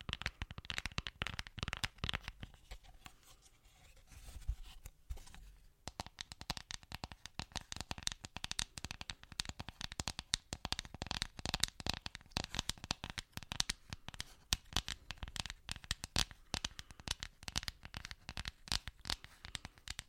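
Rapid fingertip tapping on hard surfaces like wood and glass, sharp crisp clicks packed tightly together. Around three to five seconds the taps thin out into a softer, quieter rustle, then dense irregular tapping returns and continues steadily to the end.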